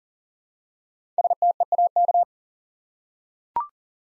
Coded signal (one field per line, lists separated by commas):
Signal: Morse code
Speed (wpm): 43 wpm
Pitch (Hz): 700 Hz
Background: none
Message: STEAK